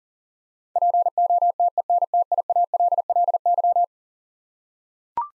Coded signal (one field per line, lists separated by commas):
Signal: Morse code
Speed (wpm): 40 wpm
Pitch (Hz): 700 Hz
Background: none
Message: POTENTIALLY